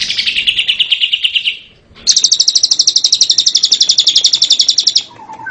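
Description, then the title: Lovebird chattering, a fast descending run of high notes, a short break, then a long rapid string of shrill repeated chirps. "Suara Burung Lovbred"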